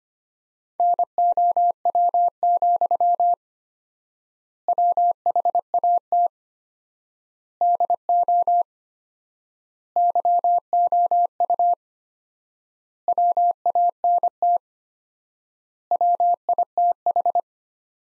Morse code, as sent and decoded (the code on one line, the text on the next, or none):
-. --- .-- --..-- / .-- .... .- - / -.. --- / -.-- --- ..- / .-- .- -. - / .-- .. - ....
NOW, WHAT DO YOU WANT WITH